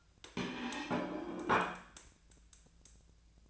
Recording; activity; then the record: daily activity, microphone in the room; place plate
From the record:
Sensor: 2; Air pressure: 1009.2 hPa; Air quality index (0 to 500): 186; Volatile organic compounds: 11 ppm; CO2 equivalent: 2316 ppm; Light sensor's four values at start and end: 21/52/22/24 and 23/55/24/26